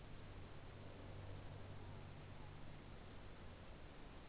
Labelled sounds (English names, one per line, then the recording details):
Morepork more-pork call
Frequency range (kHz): Morepork 0.8-1.0 kHz
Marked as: faintness 5/5
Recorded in New Zealand
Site Taranaki